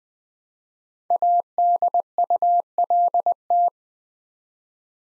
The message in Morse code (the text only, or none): ADULT